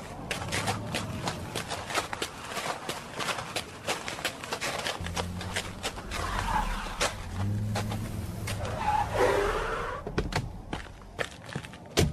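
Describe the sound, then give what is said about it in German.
Several car engines rumble in low and swell as many cars drive up onto a beach from Rocky Beach, peaking in the second half, with steady crunching footsteps and clatter running throughout. No one speaks. “Da kommen Autos aus Rocky Beach in den Strand raufgefahren. Ziemlich viele Autos.”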